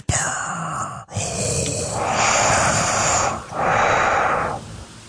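Heavy, hissing breaths with long, steady airflow phases and a rasping, mechanical quality, much like a Darth Vader breath, in almost perfect timing. It is loud nasal breathing during genuine sleep with the mouth closed, not a snore.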